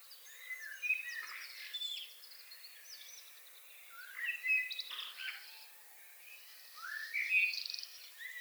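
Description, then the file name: Common blackbird singing mellow fluted phrases followed by squeaky high flourishes, repeated three times with short pauses between. "Turdus merula"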